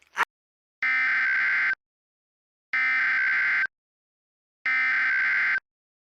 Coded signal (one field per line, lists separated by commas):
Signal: Emergency Alert System (SAME) tones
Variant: header bursts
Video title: EAS Scenario - Sanrio Invasion (REUPLOAD)